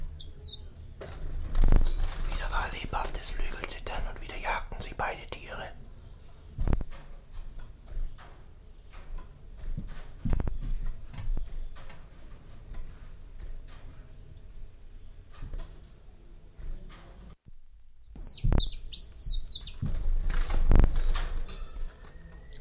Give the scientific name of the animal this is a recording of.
Phylloscopus collybita